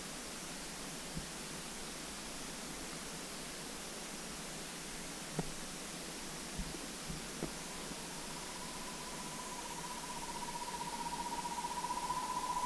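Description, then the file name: Asian barred owlet song, a long even series of quick hooted notes starting after a silent stretch, gradually swelling louder and rising slightly in pitch, over steady background hiss. Subspecies whitelyi, recorded in Da Yao Shan, Guangxi, China, on 31 January 2012. "Asian Barred Owlet Ssp Whitelyi Song 120131 Guangxi Da Yao Shan"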